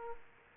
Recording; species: mosquito wingbeat signal from an infrared sensor; Culex quinquefasciatus